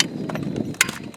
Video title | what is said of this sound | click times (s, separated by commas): Your Fully Powered Garmin Livescope Setup | and boom she's back clicked back in locked back in so uh yeah | 0.8 s